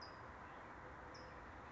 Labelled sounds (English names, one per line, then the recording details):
California Towhee
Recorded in Sonoma County, California